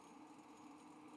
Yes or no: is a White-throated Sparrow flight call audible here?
no